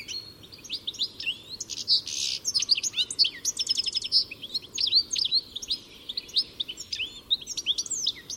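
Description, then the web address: Bird chirping continuously, a rapid stream of high, clipped notes with a brief harsh buzz near two seconds. "cianscape birddata Deverinetal 2025 Bird Only Ca Ca Ca Ca"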